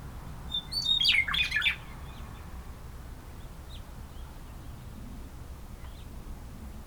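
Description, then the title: Bird song as one short burst of bright, jumbled high chirps early on, followed by quiet low rumbling with only faint notes. "neoscenes: birds"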